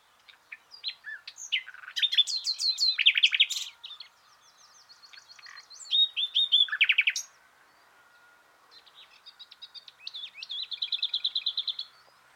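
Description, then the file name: Common nightingale song in three separate phrases, each building from scattered notes into loud rapid repeated trills and chattering rattles, with short pauses between. "Luscinia megarhynchos"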